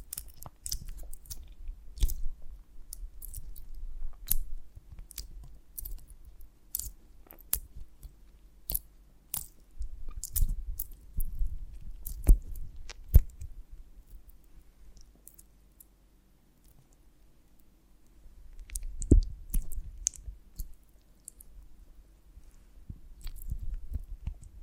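Honeycomb on a branch is handled in a stream of small sticky clicks and crackles, dense through the first half with a few sharper snaps near 12 and 19 seconds. A quieter stretch follows around 15 to 18 seconds before the soft tapping and low rustling resume.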